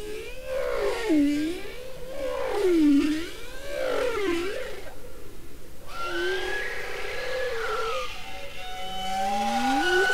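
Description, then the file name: Bowhead whale song: wavering tonal moans swooping up and down in repeated arcs, with rich harmonics, later giving way to higher, sliding whistled tones and a rising upsweep. "Groenlandse walvis gezang"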